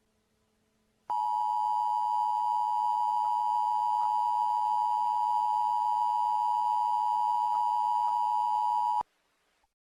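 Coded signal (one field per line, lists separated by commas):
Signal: Emergency Alert System (SAME) tones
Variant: 853 and 960 Hz attention tone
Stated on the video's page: Fictional skit of an emergency alert for Black Friday; a recreation, not a real broadcast.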